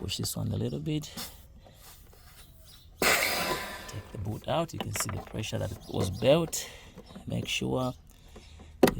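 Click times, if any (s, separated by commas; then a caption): 8.9 s. On a 2014 Hyundai Elantra, the boot is removed from the second port of the fuel pump module, and the second fuel line quick connector is pushed onto the port. Someone talks throughout, with a burst of hiss around 3 s. A sharp click at 8.9 s confirms the connector has seated.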